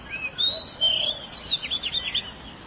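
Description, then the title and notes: Canary singing a sweet whistled phrase that breaks into a quick, evenly repeated chatter of short notes. "BM Suara Kenari. BM Suara Burung Kenari"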